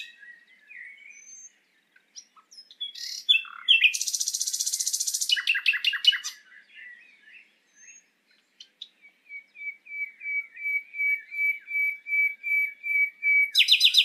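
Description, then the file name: Common nightingale song: a few scattered notes, a harsh buzzy trill, rapid clicking notes, then a long series of whistled notes swelling in volume into a sharp final burst. "Luscinia megarhynchos"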